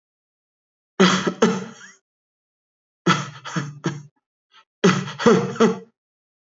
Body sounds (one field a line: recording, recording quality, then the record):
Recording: shallow voluntary cough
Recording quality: excellent, no background noise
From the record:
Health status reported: healthy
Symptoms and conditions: diabetes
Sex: male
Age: 36 years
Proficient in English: yes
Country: India